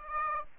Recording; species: mosquito wingbeat signal from an infrared sensor; Aedes aegypti